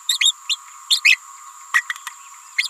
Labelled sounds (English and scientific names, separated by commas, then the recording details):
Green-rumped Parrotlet (Forpus passerinus) babbling
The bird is a female
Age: 28 days
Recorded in a nest box in Venezuela
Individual 17B31A3